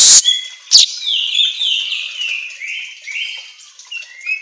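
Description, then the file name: Weaver song opening with two sharp clicks, then a squeaky, wheezy warble of slurred high whistles. Continuously singing song style (auto gacor), used for training songbirds. "Suara Kicau Manyar Kepala Emas Auto Gacor"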